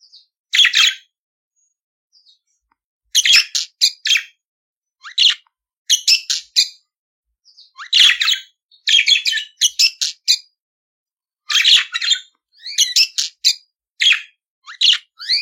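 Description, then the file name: Budgerigar warble: repeated short clusters of scratchy chirps and buzzy squeaks, coming every second or so after an early burst and a quiet gap. "Canto do periquito australiano"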